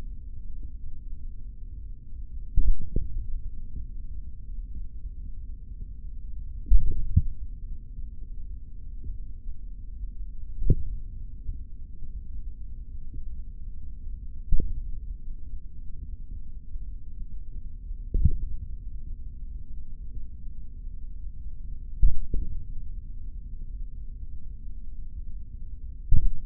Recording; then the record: forearm muscle sounds (acoustic myography)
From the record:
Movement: hand opening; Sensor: system 3, bracelet of six PUI Audio POM-2738L microphones around the upper forearm, with dedicated amplification and filtering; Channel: 2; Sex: male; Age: 26 years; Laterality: right